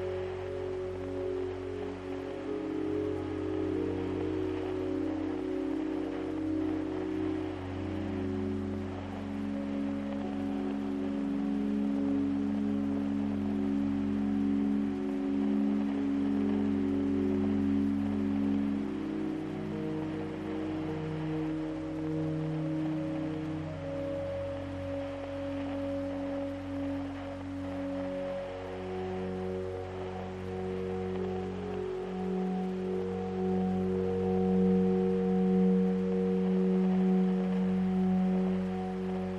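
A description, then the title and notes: Calm ambient music with soft rain sounds plays steadily throughout. Long sustained low tones drift and overlap, shifting slowly in pitch, while a gentle rain-like hiss sits underneath at an even level without sharp events. Calming Ambient Music with Rain Sounds.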